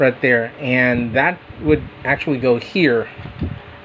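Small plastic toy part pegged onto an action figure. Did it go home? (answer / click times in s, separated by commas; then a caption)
no / none. Someone talks while pushing the small nubs of a plastic part into their socket on a Hasbro Transformers Studio Series 86 Leader class Sludge figure. Nothing has clicked or seated yet in this clip; the peg does not click in, and the part falls off with gravity.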